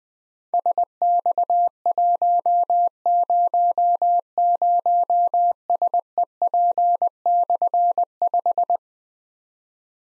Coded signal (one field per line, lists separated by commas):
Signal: Morse code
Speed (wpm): 20 wpm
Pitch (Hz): 700 Hz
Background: none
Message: SX100SEP/5